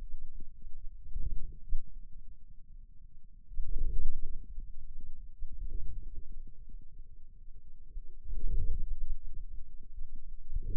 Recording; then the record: forearm muscle sounds (acoustic myography)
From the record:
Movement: inward rotation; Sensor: system 2, bracelet of six BSWA MPA416 microphones around the upper forearm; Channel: 5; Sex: male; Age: 22 years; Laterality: right